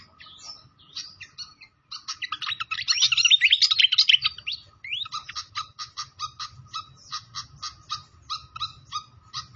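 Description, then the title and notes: Pied fantail singing scattered chirps, then a dense jumbled burst, then a rapid evenly repeated series of short clipped notes. Masteran training recording of clear-voiced song mixed with the sound of gurgling water. "Masteran Sikatan Kipas Suara Jernih Dan Suara Gemericik Air. Suara Burung Sikatan Londo"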